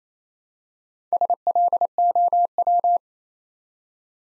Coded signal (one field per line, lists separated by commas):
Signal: Morse code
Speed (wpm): 28 wpm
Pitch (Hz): 700 Hz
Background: none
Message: SLOW